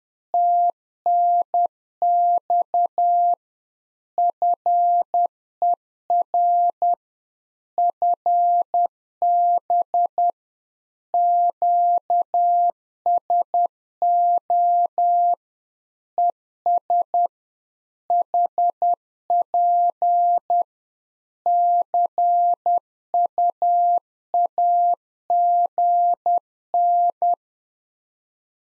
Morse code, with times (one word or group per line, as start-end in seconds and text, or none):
0.3-3.3 TNX
4.2-6.9 FER
7.8-10.3 FB
11.1-15.3 QSO
16.2-17.3 ES
18.1-20.6 HP
21.5-27.3 CUAGN